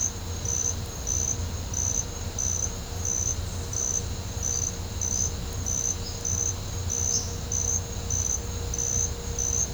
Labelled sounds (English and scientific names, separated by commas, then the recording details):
none
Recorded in pastures near Puerto Asís, Putumayo, Colombia, on 18 December 2024 at 09:30
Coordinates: 0.502, -76.324
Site G077